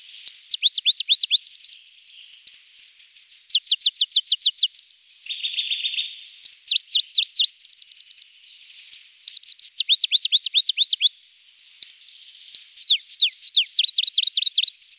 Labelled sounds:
Pallas's Leaf Warbler song

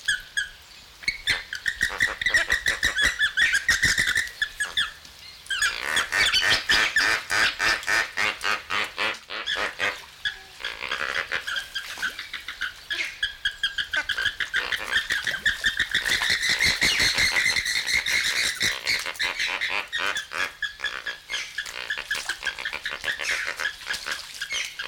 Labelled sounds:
Lesser Flamingo

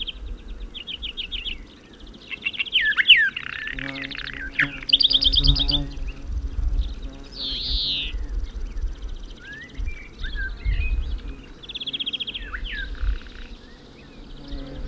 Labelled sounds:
Western Orphean Warbler song

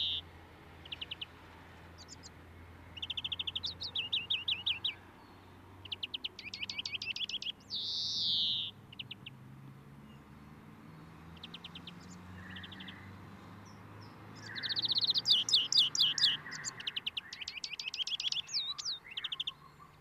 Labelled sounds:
European Greenfinch song

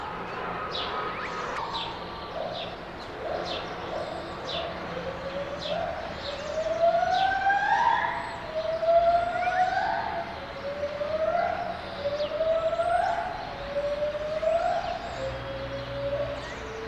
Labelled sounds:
Lar Gibbon

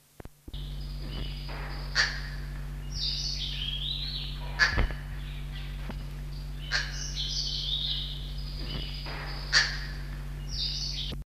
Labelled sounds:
Double-toothed Barbet call

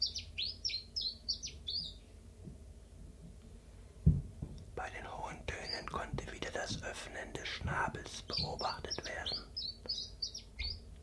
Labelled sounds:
Common Chiffchaff

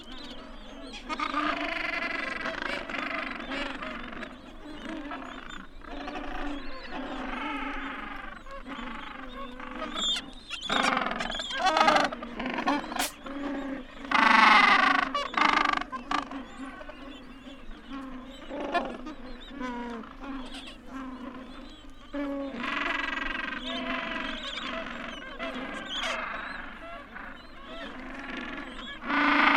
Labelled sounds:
Gentoo Penguin call

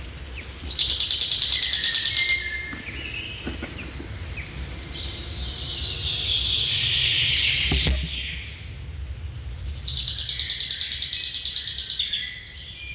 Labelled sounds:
Common Chaffinch song

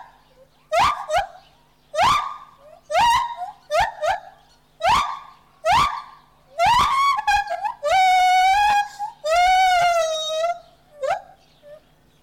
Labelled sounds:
Lar Gibbon

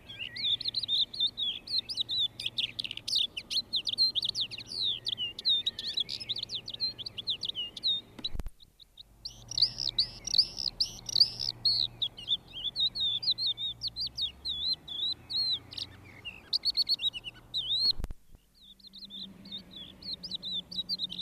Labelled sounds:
Crested Lark song

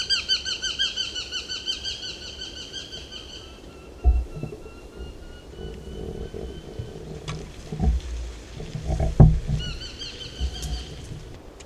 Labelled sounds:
Eurasian Hobby call

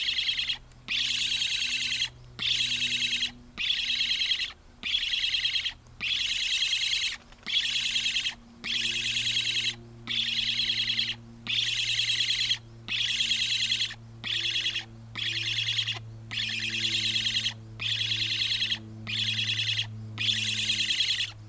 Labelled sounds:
Black Stork

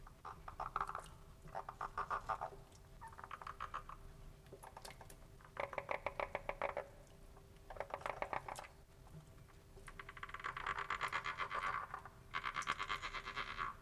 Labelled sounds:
Edible Frog call

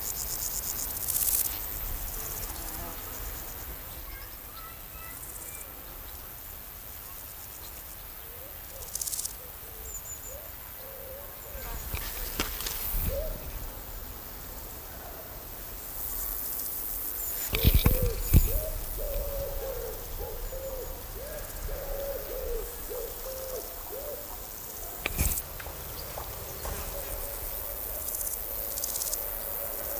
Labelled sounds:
Large Gold Grasshopper stridulation

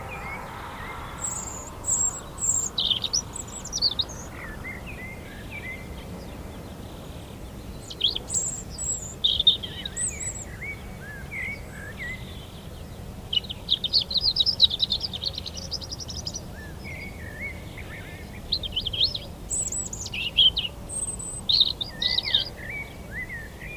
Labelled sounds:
European Robin song

